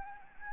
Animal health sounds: mosquito wingbeat signal from an infrared sensor; Anopheles gambiae

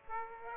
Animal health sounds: mosquito wingbeat signal from an infrared sensor; Aedes aegypti

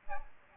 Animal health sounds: mosquito wingbeat signal from an infrared sensor; Aedes albopictus

